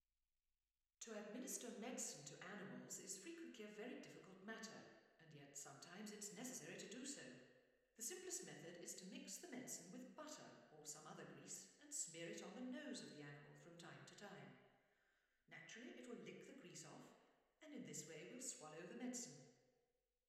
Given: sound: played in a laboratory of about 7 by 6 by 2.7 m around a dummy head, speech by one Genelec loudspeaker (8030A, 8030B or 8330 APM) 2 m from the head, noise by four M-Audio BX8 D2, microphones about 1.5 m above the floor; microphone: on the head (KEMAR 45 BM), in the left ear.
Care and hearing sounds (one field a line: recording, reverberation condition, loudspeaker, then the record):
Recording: female speech in English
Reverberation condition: high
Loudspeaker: 90 degrees to the left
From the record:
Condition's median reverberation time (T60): about 1300 ms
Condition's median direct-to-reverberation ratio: about -4.0 dB